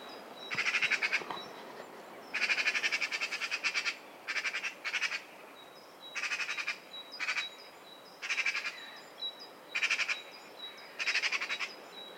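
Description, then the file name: Eurasian magpie chattering loudly in repeated rattling bursts of fast harsh notes, with a thin high whistle from another bird sounding in the background. "Pica pica"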